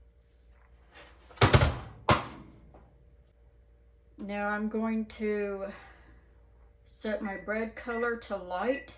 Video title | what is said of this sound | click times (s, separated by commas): Machine Bread | Push the pan down so it locks into place. | 1.4 s